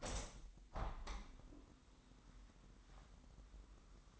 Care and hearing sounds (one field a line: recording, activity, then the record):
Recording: daily activity, microphone in the room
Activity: open window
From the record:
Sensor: 3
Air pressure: 998.6 hPa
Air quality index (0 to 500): 146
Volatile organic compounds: 5 ppm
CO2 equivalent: 1762 ppm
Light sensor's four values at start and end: 10/24/10/11 and 10/24/10/11